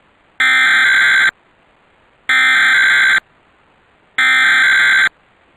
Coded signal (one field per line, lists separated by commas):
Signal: Emergency Alert System (SAME) tones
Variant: header bursts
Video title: EAS Mock: Ohio RMT